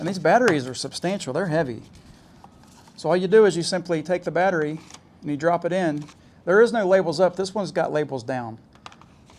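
Someone talks while a large, heavy flight battery is dropped into a drone's battery bay and pressed down. A sharp click at 8.9 s marks the battery locking into place, followed by a few faint knocks as it settles.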